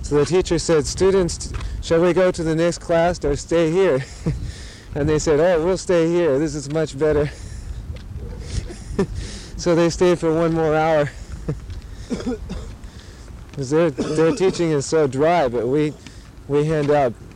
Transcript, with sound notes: So the teacher said, "Students, shall we go to the next class or stay here?" And they said, "Oh, let's stay here. This is much better." [laughing] So they stayed for one more hour. Their teaching is so dry, but we hand out